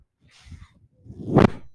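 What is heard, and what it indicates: A soft airy hiss gives way to a rising whoosh that peaks in a brief burst of rushing air, then fades. This matches one delivered breath from a person's own home mechanical ventilator running in the background.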